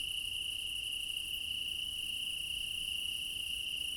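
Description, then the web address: Cricket: short stretch of unbroken cricket trilling, bright and even, with a faint higher ringing band. Meadow at night in Crimea in summer; quad ambience recorded with ORTF microphone pair offset by 3 m, front pair. "Alexander Kopeikin - Quad ambience of Crimea in summer 20 meadow night ambience, crickets, ortf offset by 3 m, front"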